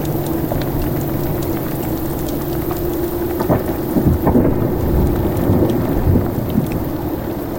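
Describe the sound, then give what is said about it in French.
A thunderstorm with steady rain pattering throughout and low rolling rumbles of thunder that swell around the middle, a dense, continuous wash of noise with no voices. “Il y a eu un orage, qu'est-ce qui s'est passé selon vous?”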